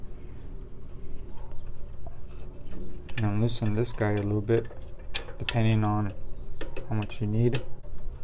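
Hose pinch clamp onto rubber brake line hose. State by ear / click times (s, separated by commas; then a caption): not seated / none. A hose pinch-off clamp from Harbor Freight is handled and fitted over a rubber brake line hose during a brake install on an XRS Corolla, Matrix, Celica GTS or Vibe, meant to pinch the line shut so it won't leak when the brake hose is removed. Someone talks over faint handling noises and small taps. The clamp has not seated or clicked yet.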